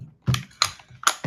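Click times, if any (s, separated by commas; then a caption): 0.6 s. A steel SDS drill bit shank is pushed into the keyless quick-release chuck of a rotary hammer, giving a series of short, sharp clicks and knocks. The loudest click, at 0.6 s, is the shank locking into the chuck, leaving the bit seated and ready to work.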